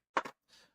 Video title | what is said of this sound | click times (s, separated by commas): FREE! PropsOff-40 Protection Case - See How.... | uh it'll just clip right in there. Here, as soon as you hear the click. So, | 0.2 s